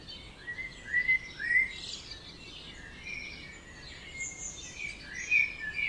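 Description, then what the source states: Birds in a dawn chorus, several sliding whistled notes and high chirps overlapping above a steady hiss. Dawn chorus recorded at 4am in Oberhofen, Inntal valley, Austria; binaural recording.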